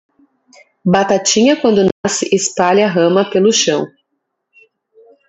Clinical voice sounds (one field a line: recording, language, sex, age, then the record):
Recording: short text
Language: Brazilian Portuguese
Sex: female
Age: 20 to 29 years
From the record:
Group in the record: control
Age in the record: 28 years